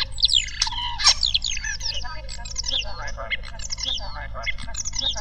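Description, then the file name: Common starling song: a fast, continuous jumble of whistles, rattling clicks, squeaky chirps and wheezy notes, constantly changing in pitch with no pauses. Song labelled as variation 3. "jalak-eropa-variasi-3"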